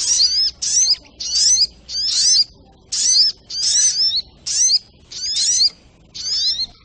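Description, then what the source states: Little Spiderhunter singing clear, high downslurred and upslurred squeaks in about nine short bursts. Masteran (training recording for cage birds), Labaik variant.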